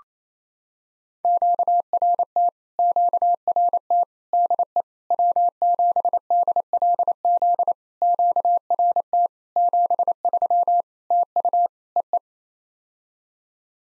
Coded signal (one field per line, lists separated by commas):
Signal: Morse code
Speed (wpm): 28 wpm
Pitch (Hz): 700 Hz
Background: none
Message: QRT QRT DE W7DLZ QRT 73 TU EE